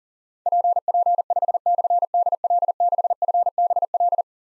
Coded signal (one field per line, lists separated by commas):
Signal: Morse code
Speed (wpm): 41 wpm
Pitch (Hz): 700 Hz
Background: none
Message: PP5/DL6FBL